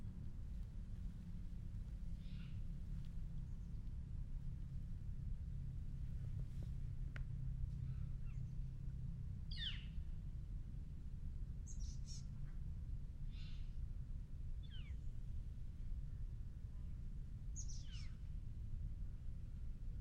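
Outdoors at Tilden Regional Park in Orinda, CA, a steady low rumble fills the whole stretch, like traffic or wind. Short, bright bird chirps cut through every couple of seconds, scattered from about two seconds to near the end.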